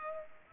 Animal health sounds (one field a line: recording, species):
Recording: mosquito wingbeat signal from an infrared sensor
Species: Culex pipiens